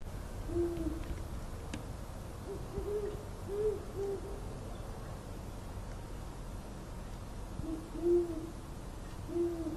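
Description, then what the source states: Great horned owl hoots, low and muffled, in a few short runs, against a constant low hiss. Owls hooting in Davis at 4 am on 27 February 2012.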